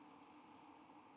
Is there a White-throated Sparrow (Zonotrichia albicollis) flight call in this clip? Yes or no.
no